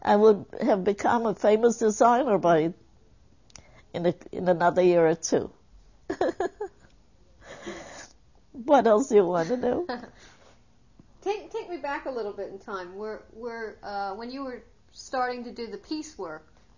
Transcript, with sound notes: I would have become a famous designer by, in another year or (she laughs) What else do you want to know?
Take me back a little bit, in time, were, when you were starting to do the piece work.